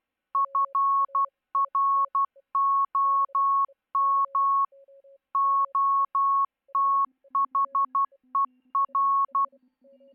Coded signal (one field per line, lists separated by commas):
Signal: Morse code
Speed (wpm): 12 wpm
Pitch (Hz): 1100 Hz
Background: none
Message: FROM OTHER